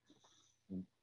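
A single brief, low, buzzing snort rises midway through a quiet second, and a louder burst begins right at the end. This is snoring from a pug napping.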